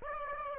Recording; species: mosquito wingbeat signal from an infrared sensor; Aedes aegypti